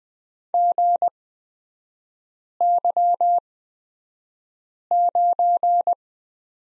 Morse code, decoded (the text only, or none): GY9